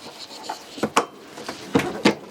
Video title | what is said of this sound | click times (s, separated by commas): LichtsinnRV.com - RV Rental Orientation Winnebago Minnie Winnie 25B | tap the leg out until it locks into place. | 1.0 s